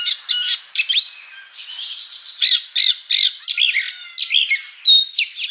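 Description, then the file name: Oriental magpie-robin singing: sharp harsh bursts, then a long steady whistled note, followed by rapid chattering phrases and a bright whistle near the end. "Suara-Kacer-Versi-2"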